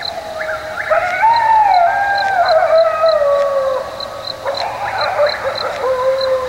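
Coyote chorus of wavering howls from several animals, tones bending up and down, with a soft regular ticking behind.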